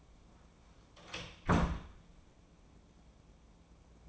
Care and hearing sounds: daily activity, microphone in the room; close door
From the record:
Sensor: 1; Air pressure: 1012.3 hPa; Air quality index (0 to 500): 166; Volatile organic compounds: 3 ppm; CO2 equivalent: 1365 ppm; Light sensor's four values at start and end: 788/1768/808/951 and 795/1783/815/959

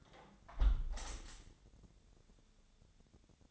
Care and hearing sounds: daily activity, microphone in the room; close window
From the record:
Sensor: 3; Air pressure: 1014.9 hPa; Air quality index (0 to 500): 27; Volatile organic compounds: 1 ppm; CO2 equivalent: 512 ppm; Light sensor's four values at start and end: 10/22/9/9 and 10/22/9/9

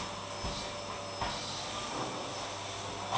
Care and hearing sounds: daily activity, microphone in the room; vacuum cleaning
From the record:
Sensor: 1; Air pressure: 1000.2 hPa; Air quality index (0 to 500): 139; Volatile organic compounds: 2 ppm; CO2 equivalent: 1307 ppm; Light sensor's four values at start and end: 33/83/35/42 and 33/82/35/42

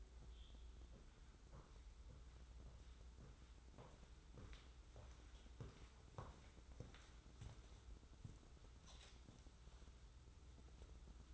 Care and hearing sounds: daily activity, microphone in the room; walk to room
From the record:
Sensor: 3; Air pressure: 994.3 hPa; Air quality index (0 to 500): 204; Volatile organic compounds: 1000 ppm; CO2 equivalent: 6759 ppm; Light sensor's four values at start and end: 95/223/91/85 and 93/215/89/84

